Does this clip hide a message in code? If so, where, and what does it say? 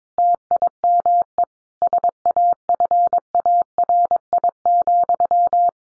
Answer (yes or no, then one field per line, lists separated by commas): yes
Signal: Morse code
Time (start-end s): 0.2-5.7 s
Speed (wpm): 22 wpm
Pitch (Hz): 700 Hz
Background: none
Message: TIME SAFARI,